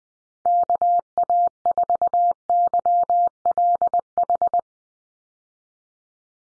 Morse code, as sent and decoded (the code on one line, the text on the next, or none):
-.- .- ....- -.-- .-.. ....
KA4YLH